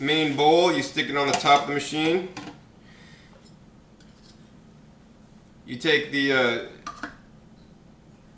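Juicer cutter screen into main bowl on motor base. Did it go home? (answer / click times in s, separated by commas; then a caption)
yes / 6.9 s, 7.0 s. Someone talks while assembling a Lequip 215XL Big Mouth juicer, with the main bowl already on top of the motor base. The spinning cutter screen basket is placed into the main bowl and pressed down onto the drive. Two sharp hits at 6.9 s and 7.0 s are heard as it seats and locks in place.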